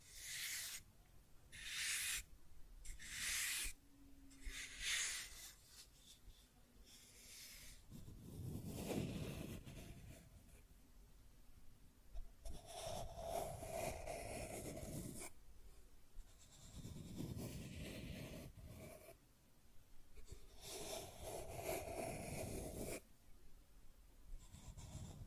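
Scratching and tracing sounds come in bursts: quick bright scrapes in the first five seconds, then longer, lower rubbing strokes that swell and fade every few seconds. Between strokes there are short quiet gaps, and a faint steady hum sits underneath.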